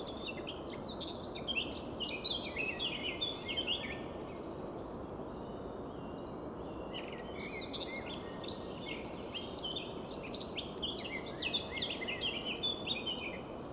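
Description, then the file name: Eurasian blackcap song: repeated phrases of fast, scratchy warbling with higher squeaky notes, two main bouts split by a pause, over continuous low noise. "Sylvia atricapilla"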